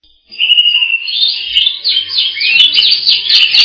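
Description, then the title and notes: Bird song: rapid, warbling high phrases sliding and trilling, with sharp clicking notes growing denser toward the end. Indonesia. "Kicau Burung Indonesia"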